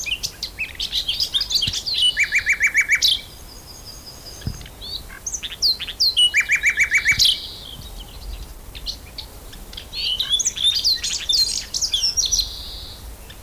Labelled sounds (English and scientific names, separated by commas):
Eurasian Blackcap (Sylvia atricapilla) song